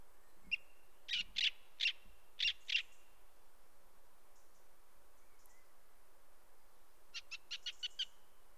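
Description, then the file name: Song thrush song of loud sharp notes repeated about five times, a pause, then a quicker series of high clicking notes, with a low background rumble. "grive musicienne"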